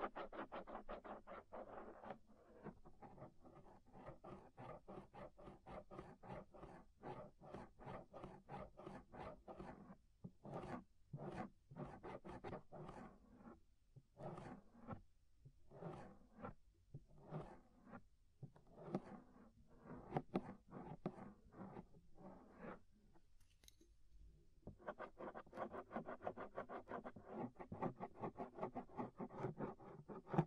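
Ear scraping makes rapid, dense rasping strokes, steady early and late, breaking into slower separate scrapes with short pauses between ten and twenty-five seconds.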